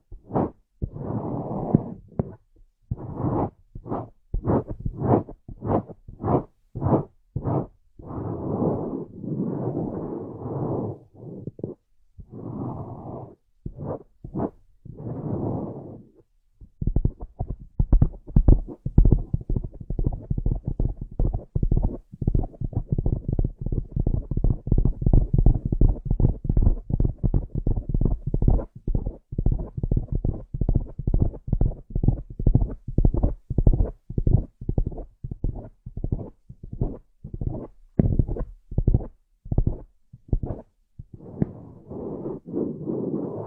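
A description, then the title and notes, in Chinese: An ear massage: muffled rubbing and brushing strokes, low and soft without much brightness. Through the first sixteen seconds the strokes come in short bursts with brief pauses; after that they run continuously, louder, in a fast, steady rhythm until the end. 按摩耳朵，一些让人放松的声音。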